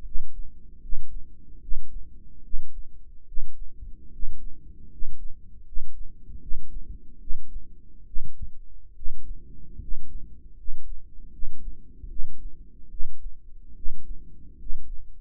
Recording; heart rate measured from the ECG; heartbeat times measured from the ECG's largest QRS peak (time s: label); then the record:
heart sounds by microphone in the right ear; 74 bpm
0.05 s: heartbeat
0.82 s: heartbeat
1.62 s: heartbeat
2.44 s: heartbeat
3.27 s: heartbeat
4.12 s: heartbeat
4.91 s: heartbeat
5.66 s: heartbeat
6.41 s: heartbeat
7.20 s: heartbeat
8.06 s: heartbeat
8.95 s: heartbeat
9.80 s: heartbeat
10.57 s: heartbeat
11.32 s: heartbeat
12.09 s: heartbeat
12.90 s: heartbeat
13.75 s: heartbeat
14.59 s: heartbeat
From the record:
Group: healthy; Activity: rest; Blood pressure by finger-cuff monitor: 115/67 mmHg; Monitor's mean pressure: 79 mmHg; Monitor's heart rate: 75 bpm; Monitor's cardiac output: 7.1 L/min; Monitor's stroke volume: 93 mL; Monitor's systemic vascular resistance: 760 dyn s/cm5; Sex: male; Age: 35 years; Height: 180 cm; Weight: 86.9 kg